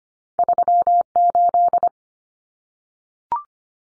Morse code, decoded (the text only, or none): 38